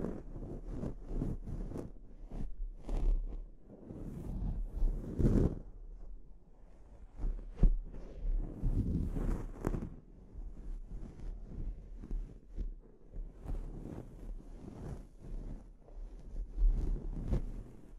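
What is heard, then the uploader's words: A scalp treatment made of uneven rubbing and scratching bursts, rising and falling every second or so, with a dull low rumble beneath. Louder stretches swell around five and nine seconds, and sharp clicks snap out near eight and seventeen seconds. ASMR Sleep Inducing Scalp Treatment (No Talking).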